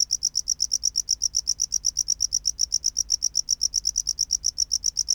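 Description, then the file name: Tropical house cricket song, loud, evenly spaced high-pitched chirps in a fast run. "Bio Acoustica Gryllodes sigillatus"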